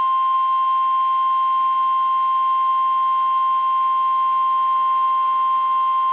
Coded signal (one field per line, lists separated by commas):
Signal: Emergency Alert System (SAME) tones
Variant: 1050 Hz attention tone